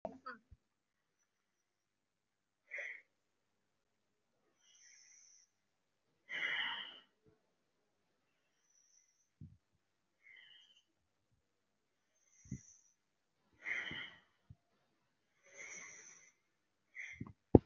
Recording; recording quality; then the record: shallow breathing; excellent, no background noise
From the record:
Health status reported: respiratory illness, not identified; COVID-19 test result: negative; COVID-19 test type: RT-PCR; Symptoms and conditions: breathing difficulty, fatigue, another respiratory illness, hypertension, diabetes, another condition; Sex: male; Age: 55 years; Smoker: yes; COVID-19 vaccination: both doses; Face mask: worn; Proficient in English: yes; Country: India